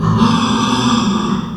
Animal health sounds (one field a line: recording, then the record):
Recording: squeal of a Yucatan mini pig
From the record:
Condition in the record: after surgery on the right vocal fold (resection and tissue-engineered implant)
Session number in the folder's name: 15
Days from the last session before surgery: 175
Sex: female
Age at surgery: 19 weeks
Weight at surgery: 25 kg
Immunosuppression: prednisolone